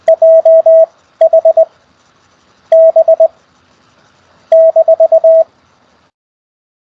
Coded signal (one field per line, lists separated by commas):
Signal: Morse code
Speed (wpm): 20 wpm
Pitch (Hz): 660 Hz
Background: none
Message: JHB -